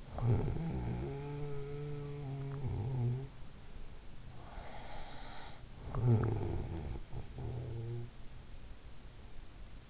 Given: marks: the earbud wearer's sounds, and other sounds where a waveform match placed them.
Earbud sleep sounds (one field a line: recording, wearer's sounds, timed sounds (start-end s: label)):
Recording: sounds in sleep by an in-ear microphone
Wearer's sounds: snoring breath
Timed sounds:
0.00-3.30 s: snoring breath
4.17-8.35 s: snoring breath